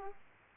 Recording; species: mosquito wingbeat signal from an infrared sensor; Aedes aegypti